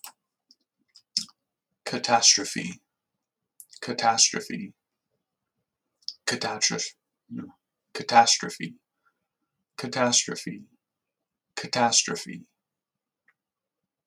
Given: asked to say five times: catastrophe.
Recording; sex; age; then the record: repeated word; male; 30 to 39 years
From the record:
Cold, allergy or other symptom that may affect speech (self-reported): no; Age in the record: 36 years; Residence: Hawaii, United States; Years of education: 13